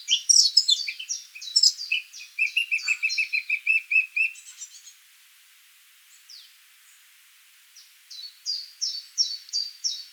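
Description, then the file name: Eurasian blackcap song: a rich warble with a steady low trill, a pause of near silence, then a row of evenly repeated high notes. "Sylvia atricapilla"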